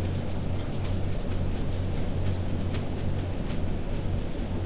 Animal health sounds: poultry house recording; no chicken sound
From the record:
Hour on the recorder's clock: 21

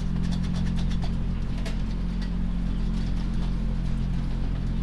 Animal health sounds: poultry house recording; healthy chickens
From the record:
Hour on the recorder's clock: 21

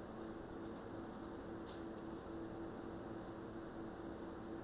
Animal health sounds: poultry house recording; no chicken sound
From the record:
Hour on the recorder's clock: 21

